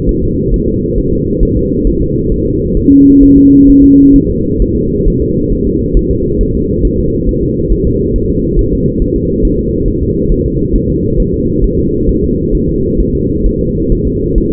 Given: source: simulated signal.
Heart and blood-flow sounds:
fetal heart sounds
0.09 s: S1
0.23 s: S2
0.54 s: S1
0.68 s: S2
0.98 s: S1
1.13 s: S2
1.43 s: S1
1.57 s: S2
1.87 s: S1
2.02 s: S2
2.32 s: S1
2.46 s: S2
2.77 s: S1
2.92 s: S2
3.23 s: S1
3.38 s: S2
3.70 s: S1
3.84 s: S2
4.16 s: S1
4.31 s: S2
4.62 s: S1
4.77 s: S2
5.08 s: S1
5.22 s: S2
5.52 s: S1
5.67 s: S2
5.97 s: S1
6.11 s: S2
6.41 s: S1
6.55 s: S2
6.85 s: S1
6.99 s: S2
7.29 s: S1
7.43 s: S2
7.72 s: S1
7.87 s: S2
8.16 s: S1
8.30 s: S2
8.59 s: S1
8.73 s: S2
9.02 s: S1
9.16 s: S2
9.45 s: S1
9.59 s: S2
9.88 s: S1
10.03 s: S2
10.32 s: S1
10.46 s: S2
10.75 s: S1
10.90 s: S2
11.20 s: S1
11.34 s: S2
11.64 s: S1
11.79 s: S2
12.09 s: S1
12.24 s: S2
12.55 s: S1
12.69 s: S2
13.00 s: S1
13.15 s: S2
13.46 s: S1
13.61 s: S2
13.92 s: S1
14.07 s: S2
14.38 s: S1
14.52 s: S2
From the record:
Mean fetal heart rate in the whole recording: 135 bpm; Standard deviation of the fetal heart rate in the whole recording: 3 bpm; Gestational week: 36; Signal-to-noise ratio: -14.7 dB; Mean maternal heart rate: 72 bpm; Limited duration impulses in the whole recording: present

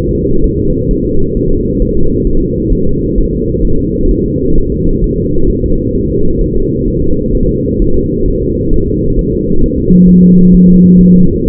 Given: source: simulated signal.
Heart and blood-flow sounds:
fetal heart sounds
0.11 s: S2
0.44 s: S1
0.58 s: S2
0.91 s: S1
1.05 s: S2
1.37 s: S1
1.51 s: S2
1.82 s: S1
1.97 s: S2
2.27 s: S1
2.42 s: S2
2.72 s: S1
2.87 s: S2
3.18 s: S1
3.33 s: S2
3.65 s: S1
3.79 s: S2
4.11 s: S1
4.26 s: S2
4.58 s: S1
4.72 s: S2
5.04 s: S1
5.18 s: S2
5.50 s: S1
5.64 s: S2
5.95 s: S1
6.10 s: S2
6.41 s: S1
6.56 s: S2
6.88 s: S1
7.02 s: S2
7.35 s: S1
7.49 s: S2
7.82 s: S1
7.96 s: S2
8.28 s: S1
8.42 s: S2
8.74 s: S1
8.88 s: S2
9.19 s: S1
9.33 s: S2
9.63 s: S1
9.78 s: S2
10.08 s: S1
10.23 s: S2
10.54 s: S1
10.69 s: S2
11.01 s: S1
11.15 s: S2
11.48 s: S1
From the record:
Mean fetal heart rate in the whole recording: 130 bpm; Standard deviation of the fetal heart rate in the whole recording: 4 bpm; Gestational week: 38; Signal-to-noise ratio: -17.7 dB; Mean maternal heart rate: 72 bpm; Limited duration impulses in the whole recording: present

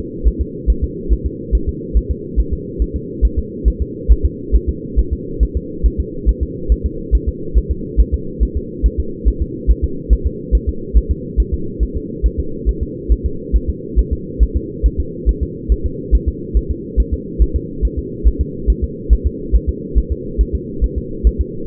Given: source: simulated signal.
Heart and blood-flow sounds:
fetal heart sounds
0.28 s: S1
0.41 s: S2
0.70 s: S1
0.84 s: S2
1.12 s: S1
1.26 s: S2
1.55 s: S1
1.69 s: S2
1.97 s: S1
2.11 s: S2
2.40 s: S1
2.53 s: S2
2.82 s: S1
2.96 s: S2
3.25 s: S1
3.39 s: S2
3.68 s: S1
3.82 s: S2
4.12 s: S1
4.25 s: S2
4.55 s: S1
4.69 s: S2
4.99 s: S1
5.13 s: S2
5.43 s: S1
5.57 s: S2
5.86 s: S1
6.00 s: S2
6.29 s: S1
6.43 s: S2
6.72 s: S1
6.86 s: S2
7.15 s: S1
7.29 s: S2
7.58 s: S1
7.71 s: S2
8.00 s: S1
8.14 s: S2
8.43 s: S1
8.57 s: S2
8.86 s: S1
9.00 s: S2
9.28 s: S1
9.42 s: S2
9.71 s: S1
9.84 s: S2
10.13 s: S1
10.27 s: S2
10.55 s: S1
10.69 s: S2
10.97 s: S1
11.11 s: S2
11.40 s: S1
11.54 s: S2
11.83 s: S1
11.97 s: S2
12.26 s: S1
12.40 s: S2
12.69 s: S1
12.83 s: S2
13.12 s: S1
13.26 s: S2
13.56 s: S1
13.70 s: S2
13.99 s: S1
14.13 s: S2
14.43 s: S1
14.56 s: S2
14.86 s: S1
15.00 s: S2
15.29 s: S1
15.43 s: S2
15.72 s: S1
15.86 s: S2
16.15 s: S1
16.28 s: S2
16.57 s: S1
16.71 s: S2
17.00 s: S1
17.14 s: S2
17.42 s: S1
17.56 s: S2
17.85 s: S1
17.99 s: S2
18.27 s: S1
18.41 s: S2
18.70 s: S1
18.84 s: S2
19.13 s: S1
19.27 s: S2
19.55 s: S1
19.69 s: S2
19.98 s: S1
20.12 s: S2
20.41 s: S1
20.55 s: S2
20.84 s: S1
20.98 s: S2
21.27 s: S1
21.41 s: S2
From the record:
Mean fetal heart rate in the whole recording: 140 bpm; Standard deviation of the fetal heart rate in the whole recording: 2 bpm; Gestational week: 34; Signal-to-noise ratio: -4.3 dB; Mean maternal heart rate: 72 bpm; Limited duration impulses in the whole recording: present

